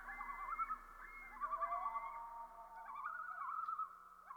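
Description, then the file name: Common loons calling together, overlapping wavering tremolos and drawn-out wailing tones that rise and fall continuously, with a steady low background hiss. "dan gibsons solitudes common loon"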